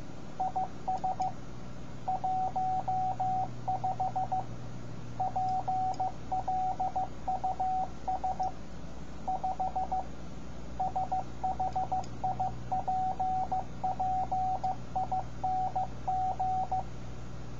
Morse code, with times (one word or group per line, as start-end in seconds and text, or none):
0.4-1.3 IS
2.1-4.4 15
5.2-8.5 PLUS
9.3-10.0 5
10.8-16.8 SHIPPING